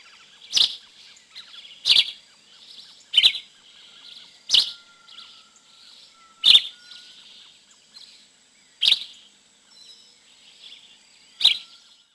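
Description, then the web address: Yellow-green vireo calls: sharp, abrupt chips repeated at irregular intervals of about one to three seconds, with a faint, quieter bird twittering between them. "Peterson North American Birds. ygvi"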